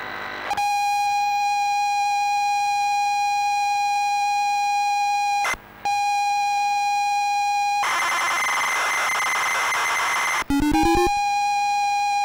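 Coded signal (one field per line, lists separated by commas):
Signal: ZX Spectrum tape loading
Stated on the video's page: Tape loading of the game on a real ZX Spectrum +2 with RGB link.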